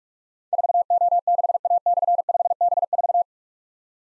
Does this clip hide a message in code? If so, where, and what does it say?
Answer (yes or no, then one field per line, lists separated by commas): yes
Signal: Morse code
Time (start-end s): 0.5-3.2 s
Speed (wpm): 44 wpm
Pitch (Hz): 700 Hz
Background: none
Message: 4O6A/5B4